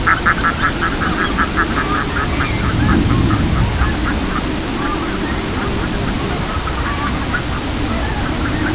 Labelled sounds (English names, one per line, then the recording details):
Red-throated Loon
unidentified sound
Pectoral Sandpiper
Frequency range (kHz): Red-throated Loon 0.5-2.3 kHz; Pectoral Sandpiper 0.1-0.8 kHz
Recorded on Arctic tundra, site CORI-1, on 16 June 2018
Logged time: 06:00